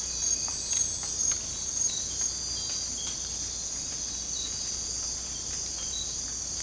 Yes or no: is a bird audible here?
no